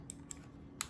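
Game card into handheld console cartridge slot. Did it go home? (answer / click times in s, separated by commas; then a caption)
yes / 0.8 s. A plastic FIFA 23 game card is pushed into the game card slot of a Nintendo Switch OLED handheld console. Two faint plastic ticks at 0.1 and 0.3 s come before a sharper, louder click at 0.8 s. The card seats in the slot.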